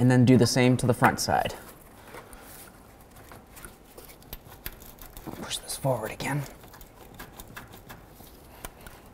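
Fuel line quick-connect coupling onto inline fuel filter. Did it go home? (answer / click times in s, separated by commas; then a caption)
no / none. Someone talks while the front fuel line quick-connect fitting is pushed forward onto the nipple of a new inline fuel filter on a 2005-14 Ford Mustang. Between the talking there are only faint, scattered handling ticks and taps. The fitting has not clicked or seated yet by the end of the clip.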